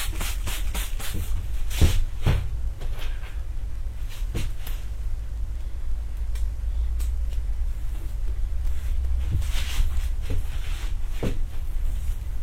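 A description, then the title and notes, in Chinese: A haircut scene: crisp scissor snips and brushing sounds come in scattered bursts, clustered near the start and again around nine to eleven seconds. Underneath sits a steady, low, muffled rumble, like a quiet hum. 3D音效 剪发。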